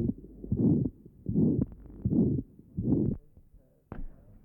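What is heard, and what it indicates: Four long, rough, blowing sounds repeat at about 75 a minute, each filling most of the beat, followed by a narrator's voice. This is the pansystolic murmur of a ventricular septal defect, heard at the left sternal edge.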